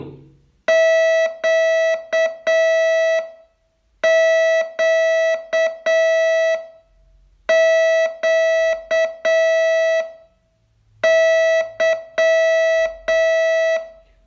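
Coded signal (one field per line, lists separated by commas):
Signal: Morse code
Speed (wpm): 7 wpm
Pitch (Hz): 650 Hz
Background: music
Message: QQQY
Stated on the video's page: Morse training lesson, day 30 of a 42-day course.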